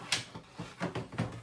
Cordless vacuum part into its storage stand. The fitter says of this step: You're just going to pop it back into place. It clicks back into place.